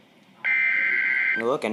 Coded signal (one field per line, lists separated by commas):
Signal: Emergency Alert System (SAME) tones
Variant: header bursts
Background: speech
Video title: Rare!!! Quintuple header! (EAS #76-80)-NOAA